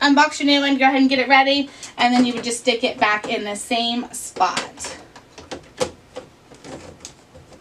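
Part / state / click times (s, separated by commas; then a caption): toner cartridge into color laser printer / not seated / none. Someone talks while a new toner cartridge is readied to be slid back into its slot in a Xerox WorkCentre 6605 color laser printer, followed by a few short, sharp handling sounds around 5.4, 5.5, 5.8 and 7.1 seconds. Nothing has seated or clicked yet; the cartridge is not home by the end of the clip.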